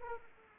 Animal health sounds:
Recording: mosquito wingbeat signal from an infrared sensor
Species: Aedes aegypti

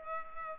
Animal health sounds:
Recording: mosquito wingbeat signal from an infrared sensor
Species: Culex pipiens

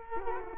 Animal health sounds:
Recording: mosquito wingbeat signal from an infrared sensor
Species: Culex quinquefasciatus

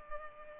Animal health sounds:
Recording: mosquito wingbeat signal from an infrared sensor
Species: Culex pipiens

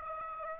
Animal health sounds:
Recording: mosquito wingbeat signal from an infrared sensor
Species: Aedes aegypti

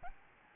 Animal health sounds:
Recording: mosquito wingbeat signal from an infrared sensor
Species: Aedes albopictus

